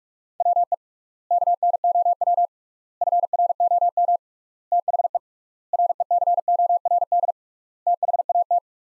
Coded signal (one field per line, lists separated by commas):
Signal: Morse code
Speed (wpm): 44 wpm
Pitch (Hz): 700 Hz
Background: none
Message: WE KNOW FROM THE RECORD THAT